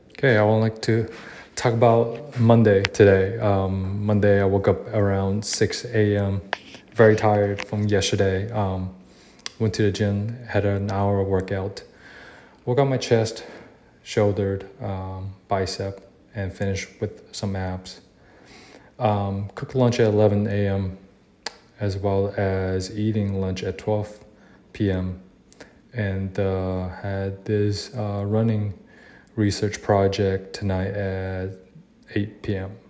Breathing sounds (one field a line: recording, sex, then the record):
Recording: free speech after running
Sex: male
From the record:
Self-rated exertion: light exertion (2 of 6)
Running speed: 6 miles an hour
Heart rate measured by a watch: 80 beats a minute at the start, 81 at the end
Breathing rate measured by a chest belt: 14 breaths a minute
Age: 27 years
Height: 185 cm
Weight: 76 kg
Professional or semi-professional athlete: no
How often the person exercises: over 5 times a week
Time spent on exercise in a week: over 5 hours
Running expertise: no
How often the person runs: over 5 times a week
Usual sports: running, weight training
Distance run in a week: 65 km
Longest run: 42 km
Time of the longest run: 214 minutes